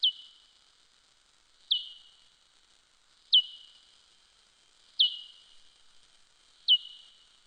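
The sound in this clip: Soprano pipistrelle echolocation calls: five sharp downward-sweeping chirps, each ending in a short steady tail, repeated about every 1.7 seconds against a quiet background.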